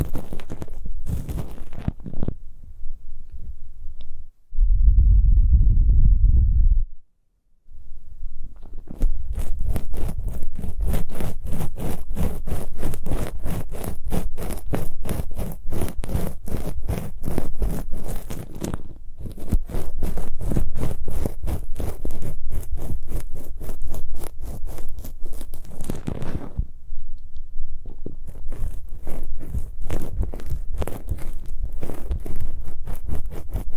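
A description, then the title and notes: Ear picking with several props, heard as dense, rapid scratching and crackling that runs in long bursts from about 8 to 26 seconds and again near the end. Earlier there is a low, muffled rubbing around 5 to 7 seconds, with short pauses between sections. Super comfortable ear picking, immersive, multiple props.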